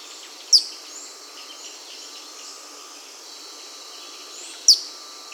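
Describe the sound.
Madagascar pygmy kingfisher giving thin, high-pitched squeaks, one early and one about four seconds later, over a faint steady background.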